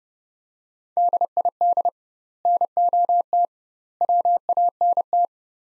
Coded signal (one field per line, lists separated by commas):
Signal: Morse code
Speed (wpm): 32 wpm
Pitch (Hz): 700 Hz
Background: none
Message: DID NOT WANT